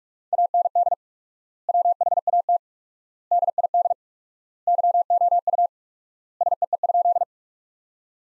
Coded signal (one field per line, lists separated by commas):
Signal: Morse code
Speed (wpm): 46 wpm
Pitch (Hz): 700 Hz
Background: none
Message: AND WHAT DID YOU SEE?